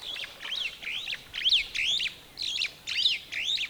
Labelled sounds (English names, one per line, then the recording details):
Superb Starling flight call
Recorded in Kenya